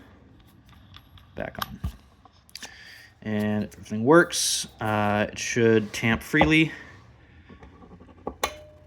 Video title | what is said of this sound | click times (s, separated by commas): Normcore v4.1 "Click" Tamper spring swap, disassembly and reassembly | and it'll give a nice satisfying click um and I find the click helps | 8.4 s